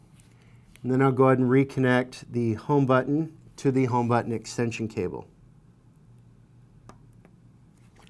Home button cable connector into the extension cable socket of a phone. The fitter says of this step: and you'll fill it click and snap into place